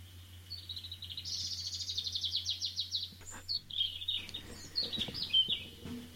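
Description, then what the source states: European robin singing a high, rambling sequence of thin trills and sweet warbled notes, changing pitch from phrase to phrase, over a steady low hum. Song described as high pitched and rambling.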